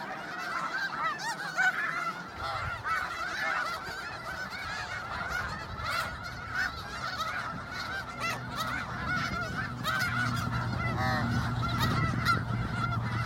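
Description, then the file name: Snow goose flock honking continuously, a thick chorus of nasal calls, with a low humming rumble growing in the second half. "Canto do gansos da neve"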